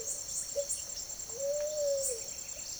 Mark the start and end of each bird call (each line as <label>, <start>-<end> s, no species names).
bird call, 0.00-2.79 s